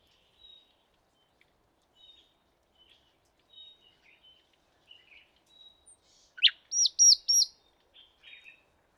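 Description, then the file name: Common nightingale song: faint scattered notes, then a sharp downward sweep and three loud high repeated notes, followed by softer twitters. "Luscinia megarhynchos"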